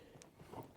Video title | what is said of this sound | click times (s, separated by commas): How To Change The In Cabin Filter In A 2019-2023 Chevy Silverado 2500HD #372 | and once it goes all the way in you'll feel it it kind of clicked back into place | 0.2 s